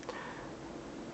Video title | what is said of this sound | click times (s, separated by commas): DS Reviews - Transformer Robots in Disguise Warrior Class Decepticon Fracture | You rotate it onto the inside, then you swing this down till you locks into place. | 0.0 s, 0.1 s